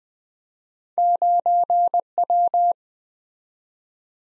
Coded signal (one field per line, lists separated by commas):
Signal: Morse code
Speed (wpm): 20 wpm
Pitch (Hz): 700 Hz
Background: none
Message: 9W